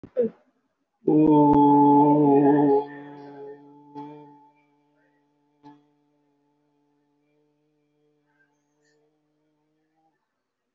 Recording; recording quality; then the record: sustained vowel as in boot; excellent, no background noise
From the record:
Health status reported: recovered from COVID-19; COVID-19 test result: positive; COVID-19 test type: RT-PCR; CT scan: taken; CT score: 0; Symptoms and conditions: breathing difficulty, fatigue, muscle pain, pneumonia, another respiratory illness, hypertension, another condition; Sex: male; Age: 54 years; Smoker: yes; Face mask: not worn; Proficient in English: yes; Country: India